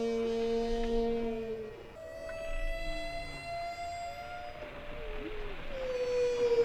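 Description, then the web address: Orca calls: drawn-out tonal calls with many harmonics, some level and some bending down, overlapping one another against a soft underwater hiss. "wild whale killers"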